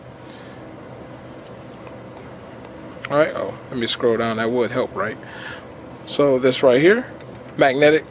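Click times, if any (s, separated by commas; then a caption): none. A magnetic armor piece is being handled near an action figure body while someone talks over a low steady background hum, with one faint brief tick around 1.9 s. The piece is meant to lock on magnetically, but nothing has seated or clicked yet.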